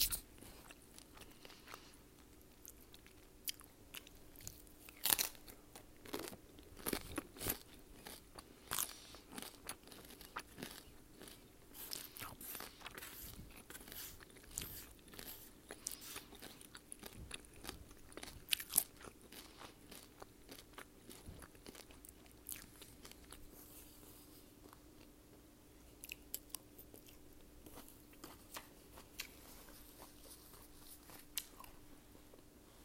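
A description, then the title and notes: Crisp crunching of hard taco shells being bitten and chewed. Sharp cracking bites come every few seconds, densest in the first twenty seconds, then thin out to softer chewing. A faint steady low hum sits underneath. ASMR Hard Tacos relax and eat with me while I eat. Yummy taco eating sounds.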